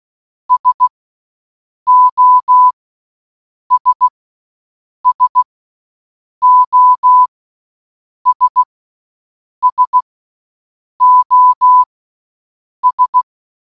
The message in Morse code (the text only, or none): SOS SOS SOS